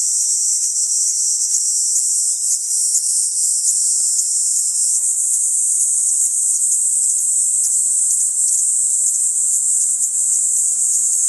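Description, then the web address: Kaempfer cicada giving a long, steady, shrill high-pitched drone with slight flickers, continuous from start to finish. "ニイニイゼミ. arpla 自然音研究室"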